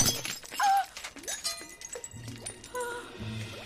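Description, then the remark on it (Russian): A sharp crack of a glass fake ruby shattering, followed by a scatter of bright tinkling fragments and small clinks over a few seconds, with no voices. “Я не смог бы разбить рубин.”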